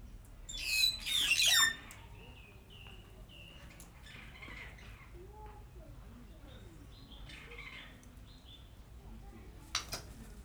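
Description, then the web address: Grey parrot squawks: a loud harsh burst of calls near the start, then softer scattered whistles and chatter, with a brief sharp call near the end. Captive parrot recorded at a zoo in Szeged, Hungary, in 2011. "allathangok szegedizoo 2011 jakopapagaj jako csoricse"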